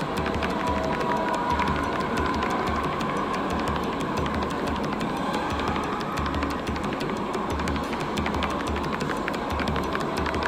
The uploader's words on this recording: En Plein Publiek is a series of 4 soundscapes for 'Soundpiece' - a loudspeaker installation underneath the Schouwburplein (square in front of the Municipal Theater) in Rotterdam. The four pieces are based on sound recordings of other squares in the city of Rotterdam, made during the summer of 2011.